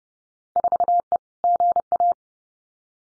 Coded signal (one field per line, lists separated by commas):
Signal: Morse code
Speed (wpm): 30 wpm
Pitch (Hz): 700 Hz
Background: none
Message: 4E GA